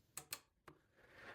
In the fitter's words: don't forget to put back this small bracket until it clicks in place.